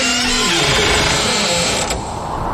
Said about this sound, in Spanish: Espeluznante. Se abre una puerta.